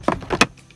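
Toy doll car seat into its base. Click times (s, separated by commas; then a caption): 0.4 s. A Joovy toy doll car seat is pushed down onto its installed base in a car. A few knocks and rustles lead up to a sharp click at 0.4 s as it latches. The car seat is seated in its base.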